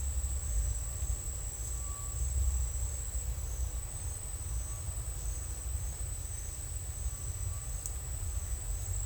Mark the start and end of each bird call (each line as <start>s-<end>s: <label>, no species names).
1.70s-2.17s: bird call